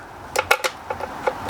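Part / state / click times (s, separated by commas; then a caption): terminal nut onto battery terminal bolt / not seated / none. In the cramped swing-arm battery bay of a Ducati Monster 821, a terminal nut is being started onto the battery terminal bolt, which is propped up on a foam pad. Six short metallic taps and scrapes land at about 0.4, 0.5, 0.7, 0.9, 1.3 and 1.5 seconds over a low background hum. The nut has not seated or clicked, and the thread has not caught.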